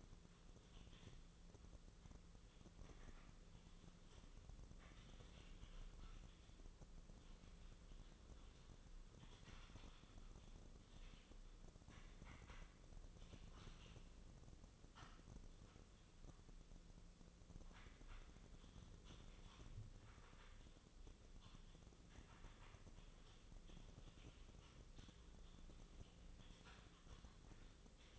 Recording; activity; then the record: daily activity, microphone in the room; typing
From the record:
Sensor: 4